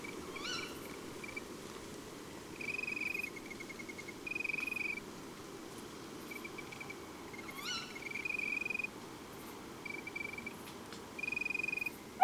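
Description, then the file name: Tawny owl making repeated rising kewick calls every few seconds, alternating with short high pulsed trills over a quiet background hiss. Several owls recorded at Chanéac, Ardèche. "Chouettes-hulottes-Chaneac-Ambiances-Sonores-d Ardeche-Studio-Les-Trois-Becs"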